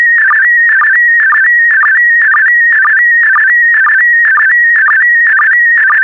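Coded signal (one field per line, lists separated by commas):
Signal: SSTV (slow-scan television)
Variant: PD120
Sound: warbling tone around 2 kHz with rhythmic low blips about twice a second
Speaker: complete. You can now check your decoded image against the picture that is shown on the video.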